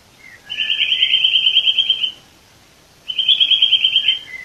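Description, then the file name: Eurasian nuthatch calling in two quick rattling trills, each made of many rapid high piping notes, separated by a gap of about a second. "Sitta europaea"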